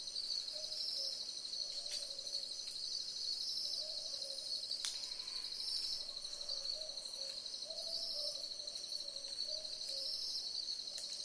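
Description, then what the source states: Southern boobook: several soft two-note hoots in a loose, irregular series, beneath a continuous high-pitched insect whine. Several owls calling together in a chorus.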